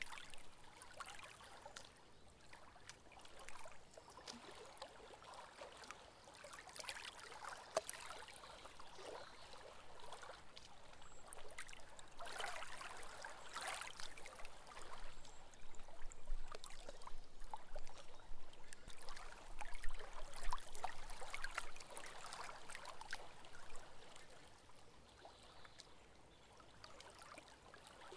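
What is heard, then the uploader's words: Small waves lap at the edge of a loch, close by, in a steady run of soft splashes and trickles. The wash swells between about twelve and twenty-two seconds, then eases off toward the end, with a faint low rumble underneath throughout. Loch Lomond, Scotland, UK in April 2023 – by Joe Wilkins. We’d arrived at our campsite in the evening and pitched our tent just as the A82 was being closed, we didn’t find out why but I decided to take advantage of the quiet road. I walked to the shore of the Loch and set up right at the waters edge to record.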